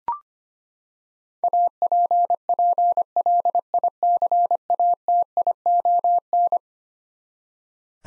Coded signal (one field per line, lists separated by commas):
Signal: Morse code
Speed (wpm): 25 wpm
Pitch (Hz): 700 Hz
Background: none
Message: APPLICATION